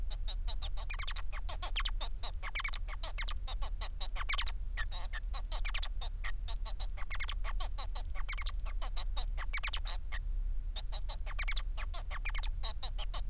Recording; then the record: song of a male Bengalese finch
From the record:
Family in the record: son of father 4